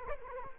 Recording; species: mosquito wingbeat signal from an infrared sensor; Culex quinquefasciatus